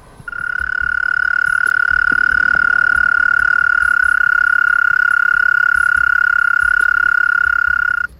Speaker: C'est le moment où le mâle stridule afin de capter l'attention des femelles.